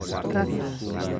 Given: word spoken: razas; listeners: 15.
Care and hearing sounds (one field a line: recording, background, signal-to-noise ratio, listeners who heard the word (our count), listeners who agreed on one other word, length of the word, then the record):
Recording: one Spanish word in noise, from a listening test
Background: eight-talker babble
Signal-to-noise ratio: -3.8 dB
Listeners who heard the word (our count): 0 of 15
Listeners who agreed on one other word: 6 of 15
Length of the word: 0.79 s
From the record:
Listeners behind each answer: 6, 2, 1, 1, 1, 1, 1, 1, 1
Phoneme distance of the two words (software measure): 17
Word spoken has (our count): 2 syllables, 5 phonemes, stress on syllable 1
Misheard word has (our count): 2 syllables, 6 phonemes, stress on syllable 1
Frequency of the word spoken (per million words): 9.25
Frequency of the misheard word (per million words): 3.29